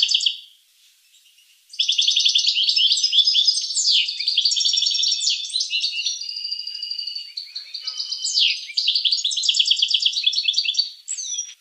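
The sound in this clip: Finch song: a long, continuous, high warbling stream of rapid trills, buzzes and slurred whistles after a brief quiet start.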